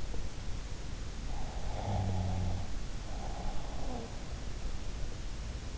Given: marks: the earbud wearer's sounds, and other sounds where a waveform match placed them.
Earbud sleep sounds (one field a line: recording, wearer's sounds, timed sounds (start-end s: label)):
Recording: sounds in sleep by an in-ear microphone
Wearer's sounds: breath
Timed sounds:
1.61-4.19 s: breath